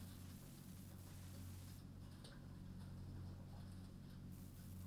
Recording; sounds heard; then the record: poultry house recording; no chicken sound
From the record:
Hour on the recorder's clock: 21